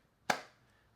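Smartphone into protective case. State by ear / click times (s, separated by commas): seated / 0.3 s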